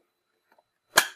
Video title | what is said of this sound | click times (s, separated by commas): Origin TMM Episode 1 Installation | and snap it into place | 1.0 s